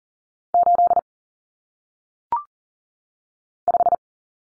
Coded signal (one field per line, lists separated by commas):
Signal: Morse code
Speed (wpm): 38 wpm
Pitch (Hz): 700 Hz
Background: none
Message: 8 5